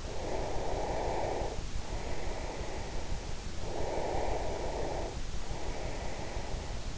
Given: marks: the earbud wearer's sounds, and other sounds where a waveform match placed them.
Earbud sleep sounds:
sounds in sleep by an in-ear microphone; breath
0.00-3.18 s: breath
3.54-6.81 s: breath

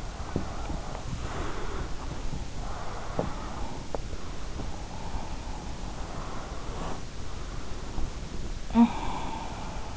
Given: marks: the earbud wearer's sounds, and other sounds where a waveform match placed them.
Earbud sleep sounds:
sounds in sleep by an in-ear microphone; body movement, talking in sleep
0.00-2.52 s: body movement
8.53-9.51 s: talking in sleep

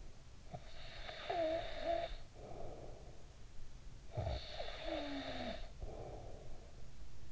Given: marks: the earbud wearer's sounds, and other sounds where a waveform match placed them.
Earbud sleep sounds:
sounds in sleep by an in-ear microphone; snoring breath
0.33-3.79 s: snoring breath
3.87-7.32 s: snoring breath

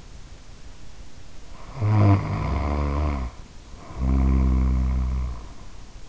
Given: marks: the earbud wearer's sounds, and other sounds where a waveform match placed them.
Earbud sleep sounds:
sounds in sleep by an in-ear microphone; snoring breath
1.53-6.09 s: snoring breath

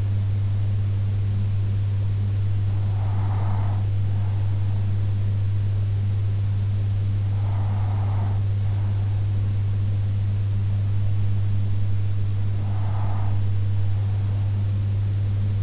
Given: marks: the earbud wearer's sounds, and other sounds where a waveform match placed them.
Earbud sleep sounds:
sounds in sleep by an in-ear microphone; breath
2.77-4.77 s: breath
7.77-9.77 s: breath
12.77-14.77 s: breath

